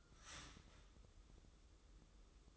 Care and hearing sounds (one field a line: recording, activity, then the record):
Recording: daily activity, microphone in the room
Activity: start toaster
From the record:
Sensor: 3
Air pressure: 995.2 hPa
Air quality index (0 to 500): 74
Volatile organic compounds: 5 ppm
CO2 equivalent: 1736 ppm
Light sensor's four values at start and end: 18/55/23/20 and 18/55/23/20